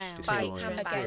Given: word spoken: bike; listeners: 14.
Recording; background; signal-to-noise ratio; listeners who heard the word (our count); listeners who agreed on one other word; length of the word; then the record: one English word in noise, from a listening test; four-talker babble; -1.3 dB; 0 of 14; 8 of 14; 0.67 s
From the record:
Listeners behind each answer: 8, 5, 1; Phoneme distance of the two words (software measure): 20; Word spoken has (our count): 1 syllable, 3 phonemes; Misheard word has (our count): 1 syllable, 3 phonemes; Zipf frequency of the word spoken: 4.58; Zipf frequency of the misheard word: 5.04